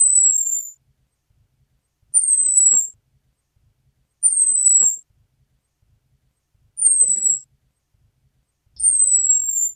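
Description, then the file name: Orange-headed thrush: five long, thin, high-pitched whistles, each slurring slightly lower, repeated at uneven intervals of about two seconds. Female. "suara am betina omkicau"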